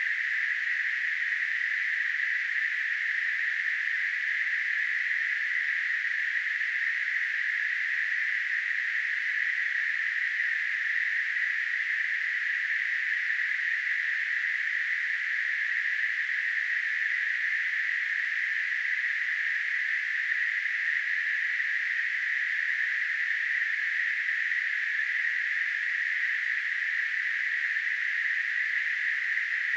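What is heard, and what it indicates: A simulated tinnitus sound: a steady, unbroken hiss of narrow-band noise centred around 2 kHz, with an even loudness that stays constant throughout.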